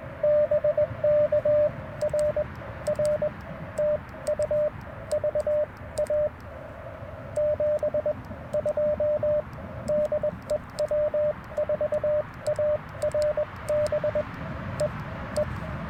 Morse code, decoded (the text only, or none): BK RR TU VA 72 DE W4ARB E E